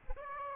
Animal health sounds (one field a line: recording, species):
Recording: mosquito wingbeat signal from an infrared sensor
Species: Aedes aegypti